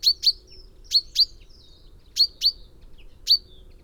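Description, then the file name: Common Chaffinch calls, sharp high downslurred notes given in pairs, three pairs and then a single note, with short faint twitters between them. "Fringilla coelebs"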